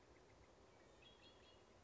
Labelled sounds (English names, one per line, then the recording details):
Red-winged Blackbird
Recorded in Sonoma County, California